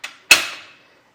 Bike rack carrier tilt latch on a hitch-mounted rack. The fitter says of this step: until it clicks into place.